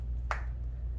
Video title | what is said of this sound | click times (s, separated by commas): How to use your OnLux Shoulder wrap | You will hear an audible click. | 0.3 s